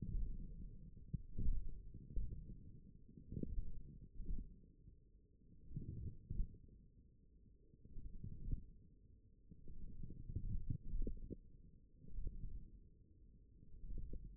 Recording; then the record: forearm muscle sounds (acoustic myography)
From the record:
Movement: wrist flexion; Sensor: system 1, eight BSWA MPA416 microphones around the upper forearm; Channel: 4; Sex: male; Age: 42 years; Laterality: right